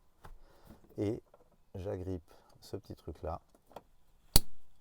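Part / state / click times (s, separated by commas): pop-up roof latch hook onto the van body / seated / 4.4 s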